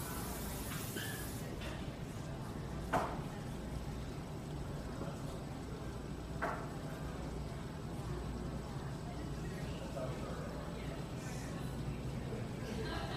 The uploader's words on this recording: Ambient coffeehouse sounds. No music, just coffeeshop sounds. All Raw and mixed audio recorded on: Focusrite Scarlett CM25, Focusrite Scarlett 2i2 Audio interface.